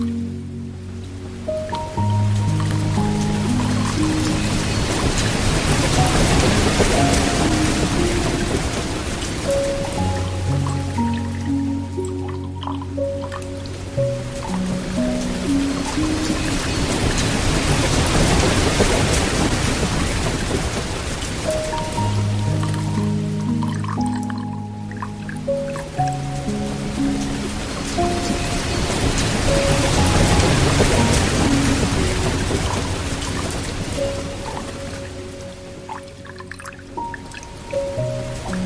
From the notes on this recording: gentle rain on the porch with the comforting whisper of wind chimes, delicate solfeggio echoes, and ambient piano tunes